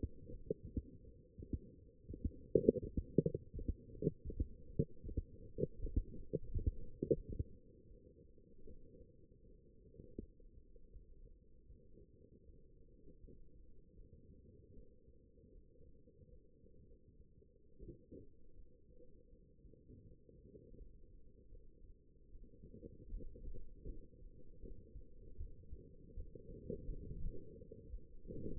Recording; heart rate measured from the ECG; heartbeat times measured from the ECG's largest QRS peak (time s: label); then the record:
heart sounds by stethoscope; 81 bpm
0.72 s: heartbeat
1.48 s: heartbeat
2.20 s: heartbeat
2.92 s: heartbeat
3.56 s: heartbeat
4.34 s: heartbeat
5.04 s: heartbeat
5.74 s: heartbeat
6.44 s: heartbeat
7.15 s: heartbeat
7.88 s: heartbeat
8.66 s: heartbeat
9.44 s: heartbeat
10.18 s: heartbeat
10.91 s: heartbeat
11.66 s: heartbeat
12.44 s: heartbeat
13.19 s: heartbeat
13.94 s: heartbeat
14.73 s: heartbeat
15.52 s: heartbeat
16.30 s: heartbeat
16.87 s: heartbeat
17.79 s: heartbeat
18.54 s: heartbeat
19.30 s: heartbeat
20.04 s: heartbeat
20.76 s: heartbeat
21.49 s: heartbeat
22.30 s: heartbeat
23.09 s: heartbeat
23.84 s: heartbeat
24.60 s: heartbeat
25.37 s: heartbeat
26.14 s: heartbeat
26.85 s: heartbeat
27.54 s: heartbeat
28.22 s: heartbeat
From the record:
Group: healthy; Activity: light exercise 0-8 s, rest 8-29 s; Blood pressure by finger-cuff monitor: 115/67 mmHg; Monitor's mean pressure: 81 mmHg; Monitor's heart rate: 80 bpm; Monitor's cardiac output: 6.9 L/min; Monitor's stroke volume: 87 mL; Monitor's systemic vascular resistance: 850 dyn s/cm5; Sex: female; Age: 22 years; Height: 171 cm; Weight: 65.6 kg